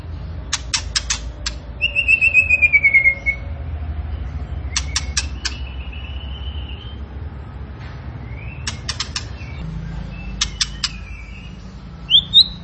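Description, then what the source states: Tembakan bird song with quick clusters of sharp clicks, a descending trilled whistle and sliding whistled notes. Training recording for cage birds; the bird is described as gacor, singing vigorously.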